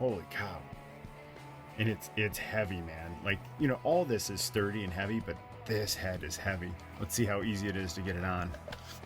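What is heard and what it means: Someone talks over background music while handling the heavy, large plastic head sculpt of a big robot action figure, getting ready to push it onto the figure's neck peg ball joint. Nothing has seated or clicked yet; the clip ends just before the head goes home.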